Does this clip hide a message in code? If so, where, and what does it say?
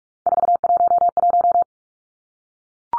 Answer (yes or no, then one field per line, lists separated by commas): yes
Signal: Morse code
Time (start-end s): 0.3-1.6 s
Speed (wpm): 44 wpm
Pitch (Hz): 700 Hz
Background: none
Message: 411